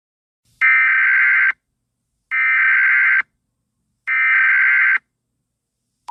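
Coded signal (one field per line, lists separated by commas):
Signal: Emergency Alert System (SAME) tones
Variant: header bursts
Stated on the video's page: Fictional end-of-the-world EAS scenario using valid EAS tones; made for entertainment.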